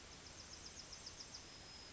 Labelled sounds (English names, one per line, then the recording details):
Yellowhammer song
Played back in forest
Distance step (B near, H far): F
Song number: 016